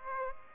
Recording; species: mosquito wingbeat signal from an infrared sensor; Aedes aegypti